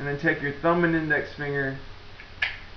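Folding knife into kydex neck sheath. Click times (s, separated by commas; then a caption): 2.4 s. A folded Kershaw Leek pocket knife is pushed with the thumb and index finger into a molded RAM kydex neck sheath while someone talks. A sharp click at 2.4 s confirms the knife is seated and retained in the sheath.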